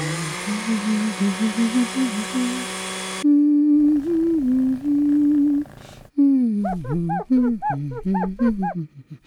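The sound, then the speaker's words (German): A dog whines and scratches at a door, its high, wavering cries rising and falling in pitch, starting with a buzzy, nasal drone and breaking into shorter, more agitated yelps near the end. “Der Hund begann zu jaulen und an der Tür zu kratzen.”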